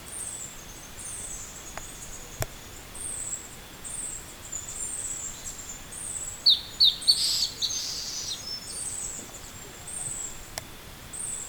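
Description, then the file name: Bird calls: faint high notes repeat steadily throughout, and a brief burst of sharp, high chirps stands out just after six seconds. "SABIOD 50 bird 2015"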